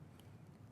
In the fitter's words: click it in place I hear it audibly click in place